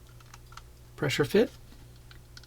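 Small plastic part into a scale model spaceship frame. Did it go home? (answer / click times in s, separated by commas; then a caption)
no / none. A small plastic part is being handled and pressed toward its mount, round part at the bottom, on a FanHome Star Wars Millennium Falcon scale model spaceship frame as a pressure fit. Faint light ticks and handling noises are heard, with someone talking briefly around the middle. Nothing has seated or clicked into place yet.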